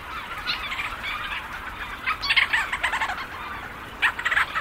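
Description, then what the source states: Leach's storm petrels calling together, bursts of quick stuttering chatter from numerous birds over a steady background hiss. Thousands of birds circling overhead, swooping and calling into the night.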